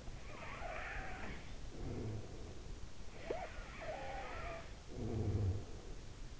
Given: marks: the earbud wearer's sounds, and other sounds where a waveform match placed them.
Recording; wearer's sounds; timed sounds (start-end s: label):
sounds in sleep by an in-ear microphone; breath, snoring breath
0.07-2.67 s: breath
3.13-6.33 s: snoring breath